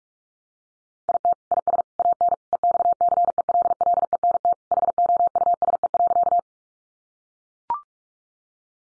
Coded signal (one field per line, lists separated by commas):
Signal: Morse code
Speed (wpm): 44 wpm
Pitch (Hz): 700 Hz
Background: none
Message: IT IS AN EXCELLENT HOUSE.